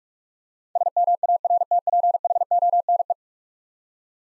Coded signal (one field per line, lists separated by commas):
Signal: Morse code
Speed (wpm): 46 wpm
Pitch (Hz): 700 Hz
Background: none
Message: SMARTPHONE